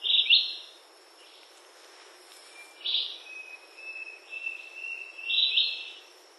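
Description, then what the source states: Warbler calls: several short, high, rough bursts separated by pauses, with a thin whistle through the middle stretch and a continuous insect drone behind. Recorded on the Sendero Macuco trail, Misiones, in 2010.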